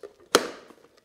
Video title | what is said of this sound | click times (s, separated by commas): Take your Youtube channel to the next level with Desview T2 Teleprompter | and then you just flick it up until it clicks and that's | 0.4 s